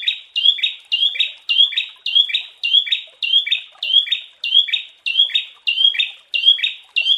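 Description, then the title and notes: Prinia song: a steady run of sharp, chirpy notes repeated in quick succession. Prenjak song used as a masteran (bird-training) and therapy recording. "Masteran Terapi Prenjak. Burung Prenjak"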